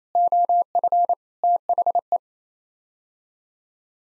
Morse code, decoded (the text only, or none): OF THE